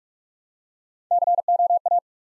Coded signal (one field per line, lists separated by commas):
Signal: Morse code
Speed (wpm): 44 wpm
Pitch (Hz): 700 Hz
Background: none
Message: COA